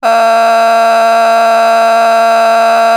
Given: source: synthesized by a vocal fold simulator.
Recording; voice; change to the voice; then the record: sustained vowel; female; a random mix of aspiration noise, stiffness perturbation and strain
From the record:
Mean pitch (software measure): 228 Hz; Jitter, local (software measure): 1.64%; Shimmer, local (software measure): 2.6%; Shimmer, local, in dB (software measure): 0.25 dB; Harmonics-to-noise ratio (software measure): 15.4 dB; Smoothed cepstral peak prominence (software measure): 13.7 dB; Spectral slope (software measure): -17.4 dB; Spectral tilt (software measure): -7.8 dB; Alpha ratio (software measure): -7.9 dB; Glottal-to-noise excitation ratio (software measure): 0.939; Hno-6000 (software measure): 1.7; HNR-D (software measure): 31.8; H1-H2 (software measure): -5.8 dB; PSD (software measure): 1.7e-03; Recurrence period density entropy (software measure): 0.118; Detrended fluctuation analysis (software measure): 0.0088